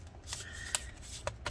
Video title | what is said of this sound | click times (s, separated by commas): 13" 13 inch MacBook Pro A1502 Early 2015 Battery Speaker Replacement Repair Another Hot Spicy Pillow | okay it kind of clicks into place | 0.8 s, 1.3 s, 1.5 s